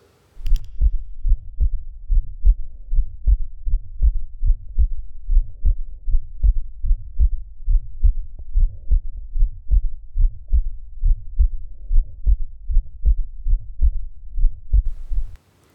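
Heart sounds of a boy about five years old heard by stethoscope at the cardiac apex, with Still's murmur: an innocent systolic murmur, fairly low-pitched, musical and vibratory, recurring with each beat.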